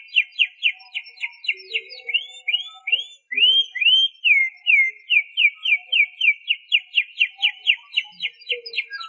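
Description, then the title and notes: Canary song: rapid repeated sweeping notes, a stretch of rising whistled slurs, then a long even series of quick downslurred notes. "BM Suara Kenari. BM Suara Burung Kenari"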